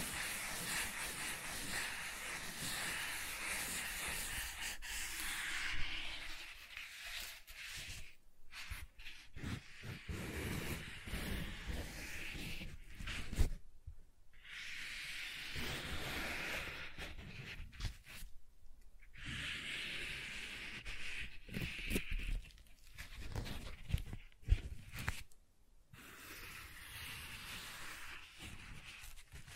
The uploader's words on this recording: ASMR Soft Tracing on Smooth and Rough Surfaces (No Talking).